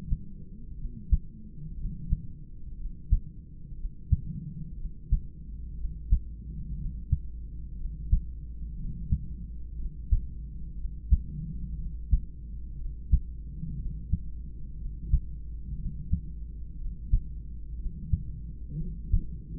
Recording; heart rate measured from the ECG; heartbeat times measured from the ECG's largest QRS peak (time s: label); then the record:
heart sounds by stethoscope; 60 bpm
0.75 s: heartbeat
1.75 s: heartbeat
2.75 s: heartbeat
3.75 s: heartbeat
4.75 s: heartbeat
5.75 s: heartbeat
6.75 s: heartbeat
7.76 s: heartbeat
8.75 s: heartbeat
9.75 s: heartbeat
10.75 s: heartbeat
11.76 s: heartbeat
12.76 s: heartbeat
13.76 s: heartbeat
14.76 s: heartbeat
15.76 s: heartbeat
16.76 s: heartbeat
17.76 s: heartbeat
18.76 s: heartbeat
From the record:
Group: heart failure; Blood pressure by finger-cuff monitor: 116/69 mmHg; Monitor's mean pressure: 86 mmHg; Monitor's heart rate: 60 bpm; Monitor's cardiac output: 4.1 L/min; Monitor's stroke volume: 69 mL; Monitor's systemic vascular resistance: 1540 dyn s/cm5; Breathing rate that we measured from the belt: 26 breaths a minute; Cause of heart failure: idiopathic cardiomyopathy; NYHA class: 2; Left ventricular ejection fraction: 17%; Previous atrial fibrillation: present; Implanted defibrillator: present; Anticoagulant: edoxaban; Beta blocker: bisoprolol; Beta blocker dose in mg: 7.5 twice daily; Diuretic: furosemide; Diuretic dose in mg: 20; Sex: male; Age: 63 years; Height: 160 cm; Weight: 69 kg